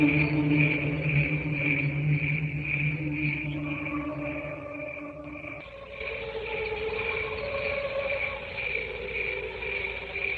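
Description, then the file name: Cricket song, a high pulsed trill beating regularly throughout; a low droning tone stops midway and other faint tones continue. "canto grilli"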